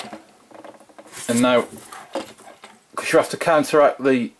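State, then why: Not seated. Someone talks while forcing the elastic-loaded plastic wings of a 2012 Lego Star Wars set 9493 X-Wing Starfighter open against the elastic tension, with faint handling taps and a sharper plastic tick around 2.2 s. The wings are being pushed toward locking into the open position on the fuselage, but nothing has seated or clicked into place yet.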